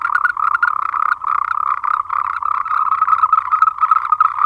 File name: Rhacophorus moltrechti